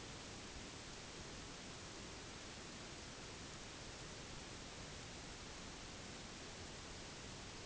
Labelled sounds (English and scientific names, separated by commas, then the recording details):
none
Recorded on Arctic tundra, site NAIT-1, on 1 July 2019
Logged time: 08:00